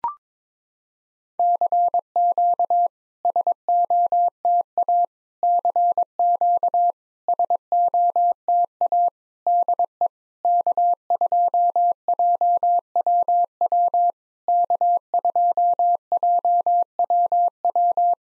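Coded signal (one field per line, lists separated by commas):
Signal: Morse code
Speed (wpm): 23 wpm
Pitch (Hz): 700 Hz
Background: none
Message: CQ SOTA CQ SOTA DE K2JWW K2JWW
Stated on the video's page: Generated Morse at 22wpm of SOTA summit QSO exchanges for practice, each sent, spoken, then sent again.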